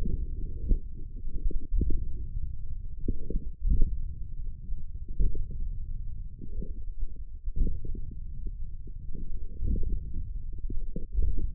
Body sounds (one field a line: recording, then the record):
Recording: forearm muscle sounds (acoustic myography)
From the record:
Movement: radial deviation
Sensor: system 1, eight BSWA MPA416 microphones around the upper forearm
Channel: 6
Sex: male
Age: 42 years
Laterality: right